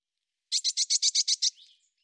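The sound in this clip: Eurasian blue tit scolding with eight rapid, rasping, buzzy notes delivered at a steady pace, followed by a soft fading trail.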